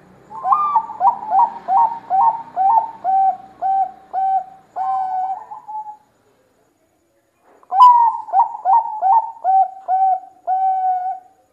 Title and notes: Pancingan Perkutut Durasi Panjang. Suara Burung Perkutut Gacor